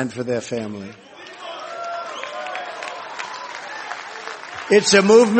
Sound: applause

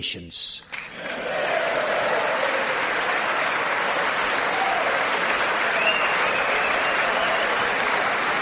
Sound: applause

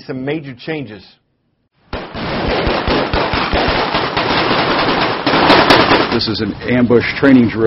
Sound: gunfire

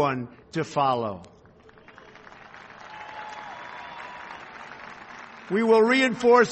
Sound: applause

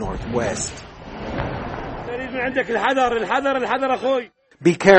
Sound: gunfire

